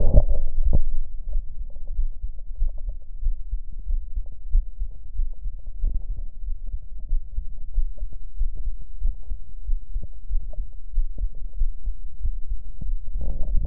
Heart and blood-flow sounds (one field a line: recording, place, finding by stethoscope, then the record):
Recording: heart sounds by stethoscope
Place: aortic valve (AV)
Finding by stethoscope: normal heart sounds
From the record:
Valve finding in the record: sclerotic aortic valve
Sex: female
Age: 43 years